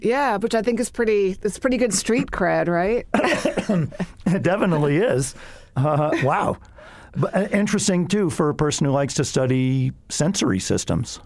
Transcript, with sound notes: Yeah, which I think is pretty — that’s pretty good street cred, right?
[LAUGHTER]
It definitely is. Uh, wow. Interesting, too, for a person who likes to study sensory systems.